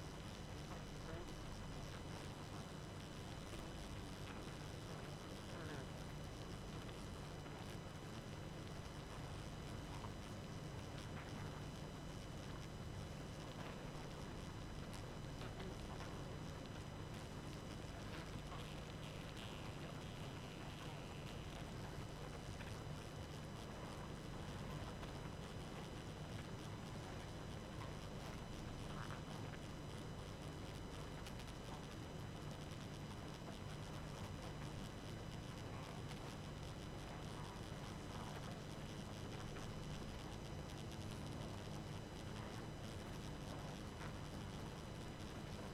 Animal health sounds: honeybee colony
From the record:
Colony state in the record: active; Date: 12 June 2018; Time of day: 23:18

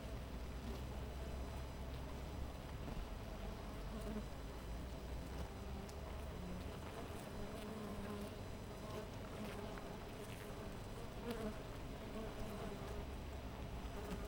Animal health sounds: honeybee colony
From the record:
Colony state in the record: missing queen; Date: 14 July 2017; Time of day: 5:49

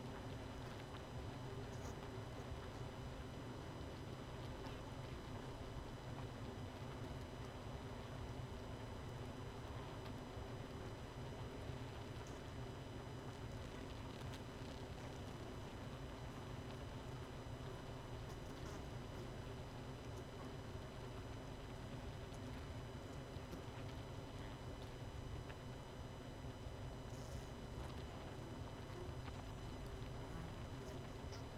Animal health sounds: honeybee colony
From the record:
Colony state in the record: missing queen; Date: 31 May 2018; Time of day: 20:01

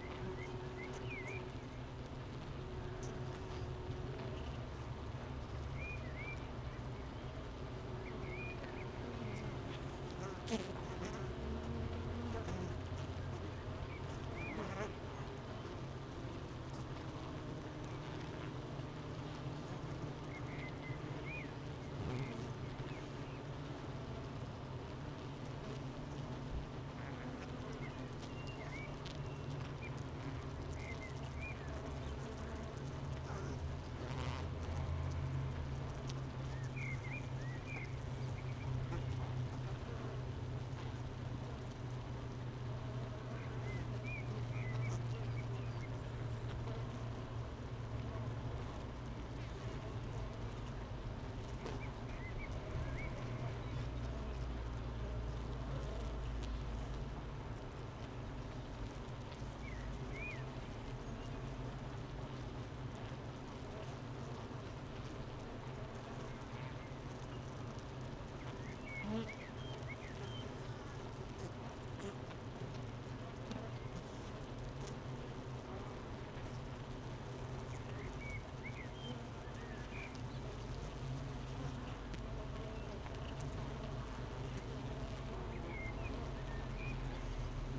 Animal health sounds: honeybee colony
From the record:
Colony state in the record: missing queen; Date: 31 May 2018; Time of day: 8:50

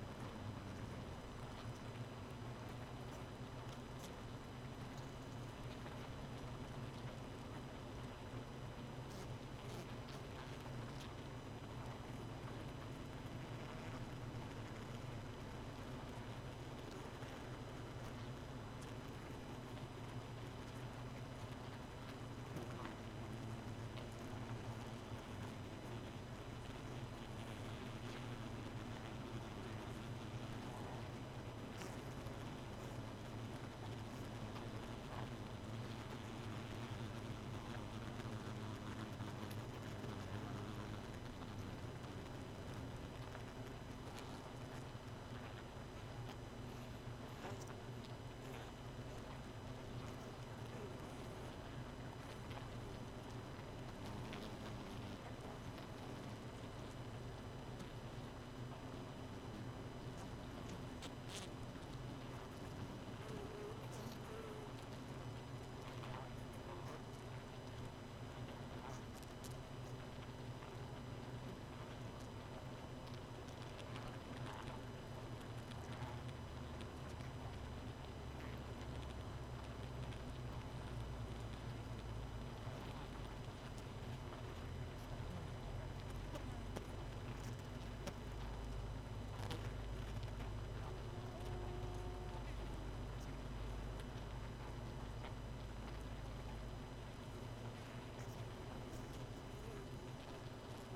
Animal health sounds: honeybee colony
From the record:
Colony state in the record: missing queen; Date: 31 May 2018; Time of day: 0:07

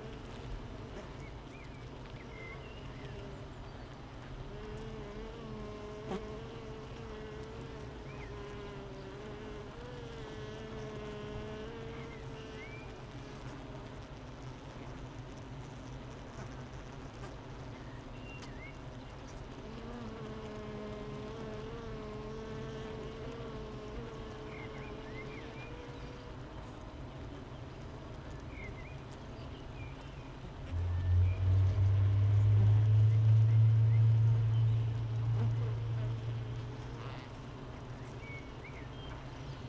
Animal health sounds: honeybee colony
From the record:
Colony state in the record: missing queen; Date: 31 May 2018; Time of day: 7:56

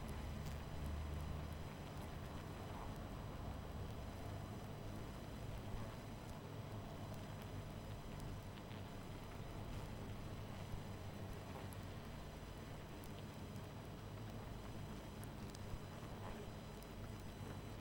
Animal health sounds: honeybee colony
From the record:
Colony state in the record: missing queen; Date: 14 July 2017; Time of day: 21:27

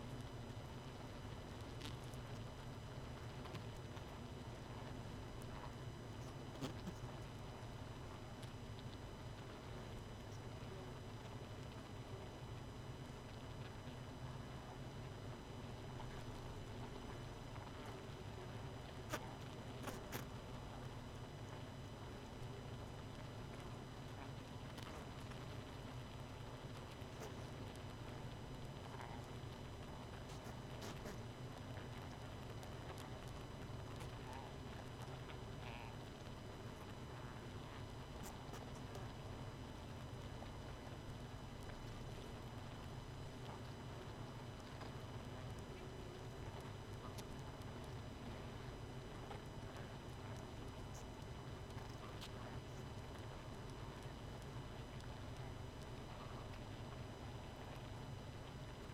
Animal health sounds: honeybee colony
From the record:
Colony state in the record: missing queen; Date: 31 May 2018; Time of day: 22:21

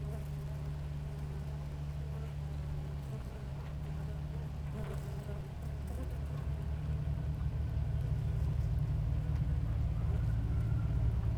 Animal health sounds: honeybee colony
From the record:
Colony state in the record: active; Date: 28 July 2017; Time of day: 6:09

